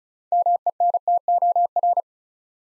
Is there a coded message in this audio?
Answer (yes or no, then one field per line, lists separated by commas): yes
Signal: Morse code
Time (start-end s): 0.3-2.0 s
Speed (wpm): 36 wpm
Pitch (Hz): 700 Hz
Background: none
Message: MENTOR